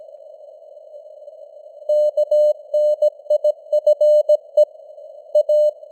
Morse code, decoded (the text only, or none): KNIFE A